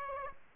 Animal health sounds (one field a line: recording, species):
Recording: mosquito wingbeat signal from an infrared sensor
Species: Aedes aegypti